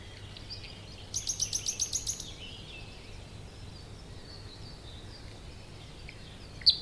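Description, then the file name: Common nightingale song: one loud phrase of several evenly repeated pulses, then quiet with faint high sounds and a single sharp note at the end. "Luscinia megarhynchos"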